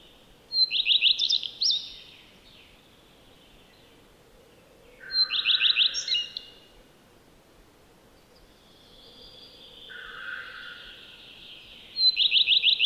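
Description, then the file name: Common redstart giving several brief songs, each a fast series of clipped high notes with a twittered finish, with softer notes in the pauses. "Lepplintu Redstart"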